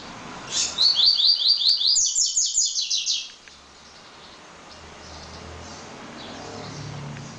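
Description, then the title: Double-collared seedeater song: a fast run of high, buzzy repeated notes lasting about three seconds, then quiet with low background hum. "Canto Coleiro"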